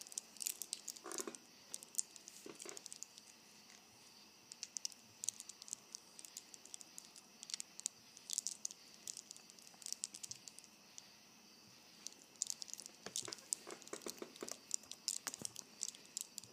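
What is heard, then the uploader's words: A bracelet being played with, its beads or links giving off small, bright clicks and ticks in irregular bursts. Busier clusters come near the start, around eight seconds and between twelve and fifteen seconds, with a faint steady hiss underneath throughout. Playing with my Bracelet.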